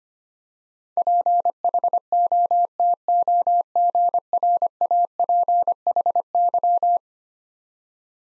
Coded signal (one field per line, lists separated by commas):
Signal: Morse code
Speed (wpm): 25 wpm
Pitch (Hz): 700 Hz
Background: none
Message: PHOTOGRAPHY